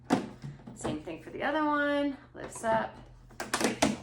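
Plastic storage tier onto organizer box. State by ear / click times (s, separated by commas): seated / 3.8 s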